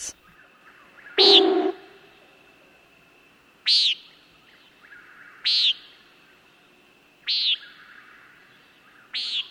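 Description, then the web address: Common Nighthawk calling a series of harsh, buzzy peents about two seconds apart, an early one coarser and fuller. "radio 2002-06-10 Common Nighthawk"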